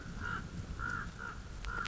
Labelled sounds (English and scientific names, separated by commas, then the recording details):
Common Raven (Corvus corax)
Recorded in Sonoma County, California